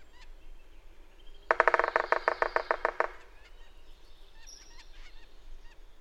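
Bird chatter: a rapid run of harsh notes, followed by softer high whistles and chirps.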